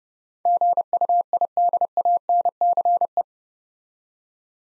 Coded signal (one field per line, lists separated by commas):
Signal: Morse code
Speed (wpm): 30 wpm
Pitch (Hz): 700 Hz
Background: none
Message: GUIDANCE